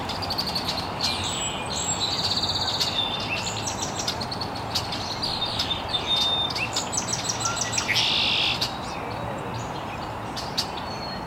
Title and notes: Birds Chirping in the Early Morning. birds chirping very early in the morning in an estuary